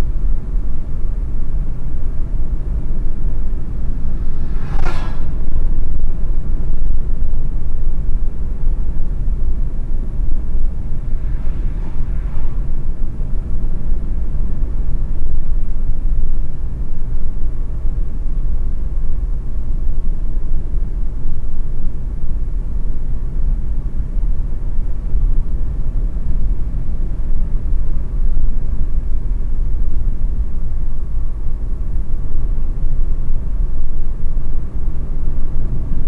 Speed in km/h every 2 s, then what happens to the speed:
86, 85, 84, 82, 81, 83, 84, 82, 80, 80, 78, 78, 87, 83, 79, 79, 82, 83.
0-19 steady at about 82. 19-24 speeds up to 87. 24-29 slows to 79. 29-36 steady at about 82.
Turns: none.